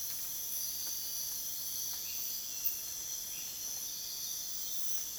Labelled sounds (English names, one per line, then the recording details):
none
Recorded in dense forest near Puerto Asís, Putumayo, Colombia, on 29 June 2025 at 04:30
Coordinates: 0.484, -76.325
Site H65